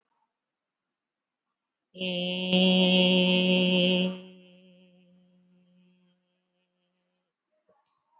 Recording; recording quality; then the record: sustained vowel as in made; excellent, no background noise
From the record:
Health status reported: healthy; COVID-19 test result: not tested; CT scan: not taken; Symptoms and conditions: breathing difficulty, hypertension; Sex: female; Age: 73 years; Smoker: no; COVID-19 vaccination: both doses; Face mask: worn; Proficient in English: yes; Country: India